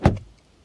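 A car's front door is closed so its latch catches on the body striker, making a deep, solid thud at 0.1 s. A fainter secondary knock follows at about 0.2 s before a quiet decay. The door shuts fully and is praised as one of the best door-closing sounds.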